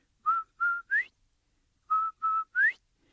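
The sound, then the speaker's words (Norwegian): A whistled quail-like call, given twice: two short steady notes and then a sharp rising note, clear and fairly loud, with a pause between phrases and no talking. “So old turtle lets Quail borrow his whistle. So Quail's standing there. He makes that beautiful sound.”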